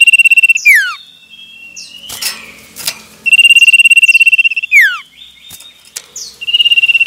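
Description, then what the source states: Common iora song: long level trills on a high pitch, repeated, the first two each broken off by a plunging note. Male.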